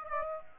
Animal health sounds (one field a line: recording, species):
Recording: mosquito wingbeat signal from an infrared sensor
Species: Aedes aegypti